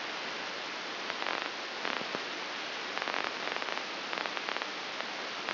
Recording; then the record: brain microelectrode recording played as sound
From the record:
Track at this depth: outside the subthalamic nucleus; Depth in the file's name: 7.26 mm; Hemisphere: left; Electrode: 2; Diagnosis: Parkinson's disease